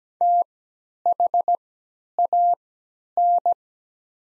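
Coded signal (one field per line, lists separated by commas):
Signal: Morse code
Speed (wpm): 17 wpm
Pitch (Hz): 700 Hz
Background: none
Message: THAN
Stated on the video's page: Morse practice sets of the top 100 words at 17 wpm with 3x character spacing, Farnsworth timing easing learners from nonstandard to standard timing.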